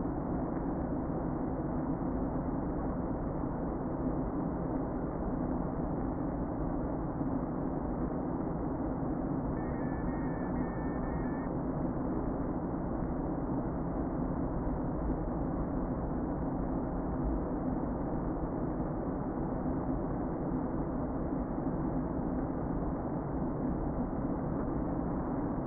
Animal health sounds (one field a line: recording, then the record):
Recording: honeybee colony, microphone inside the hive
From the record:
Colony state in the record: queen present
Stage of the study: before two queens were removed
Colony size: about 60,000 bees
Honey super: yes